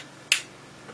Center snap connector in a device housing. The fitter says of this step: and you're can to hear that little click